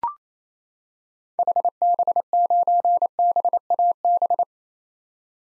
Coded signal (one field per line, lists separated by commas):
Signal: Morse code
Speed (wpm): 28 wpm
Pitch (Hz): 700 Hz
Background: none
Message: HB9BAB